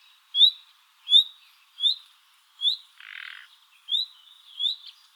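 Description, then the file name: Common nightingale calling: a short, rising whistled note repeated about every 0.7 seconds, broken once by a brief harsh rasp. "Luscinia megarhynchos"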